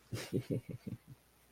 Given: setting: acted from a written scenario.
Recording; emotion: vocal sound without words; embarrassment